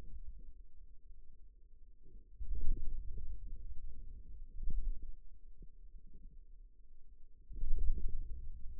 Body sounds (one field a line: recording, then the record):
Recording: forearm muscle sounds (acoustic myography)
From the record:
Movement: wrist extension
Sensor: system 2, bracelet of six BSWA MPA416 microphones around the upper forearm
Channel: 3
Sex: male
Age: 22 years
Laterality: right